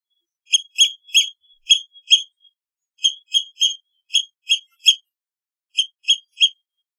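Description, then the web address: Seabird calling in clusters of two or three shrill, high notes separated by short pauses. "soundlibrary Animals Birds Sea Bird Isolated"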